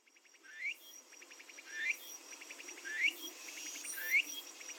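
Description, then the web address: Bird song of short upward-sweeping chirps, one about every second, mixed with steady pulsed insect-like trills in the background. "yacho koe"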